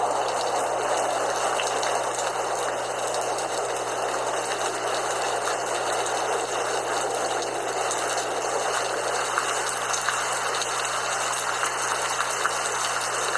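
Light rain falls in a steady, even hiss, dense and unbroken for the whole stretch, with no rises or pauses. The sound sits mostly in the middle and upper range, and a faint low hum runs constantly underneath.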